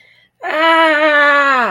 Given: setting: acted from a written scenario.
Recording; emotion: vocal sound without words; distress